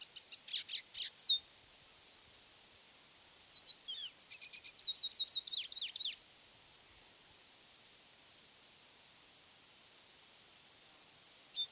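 Lesser goldfinch singing in bursts of rapid high chatter and slurred descending whistles, with a quiet gap before a final brief phrase.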